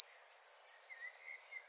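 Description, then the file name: Eurasian wren notes: a quick series of about seven bright, high trilled phrases repeated evenly, then fading out, with a faint lower whistle at the end. "Troglodytes troglodytes"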